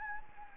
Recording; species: mosquito wingbeat signal from an infrared sensor; Anopheles gambiae